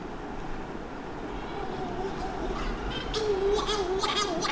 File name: Corys Shearwater Calonectris borealis